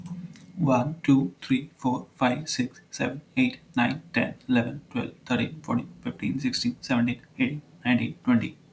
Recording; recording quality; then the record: counting at a fast pace; excellent, no background noise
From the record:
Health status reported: healthy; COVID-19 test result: not tested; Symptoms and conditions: none ticked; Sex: male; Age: 24 years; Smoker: not ticked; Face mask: not worn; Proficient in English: yes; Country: India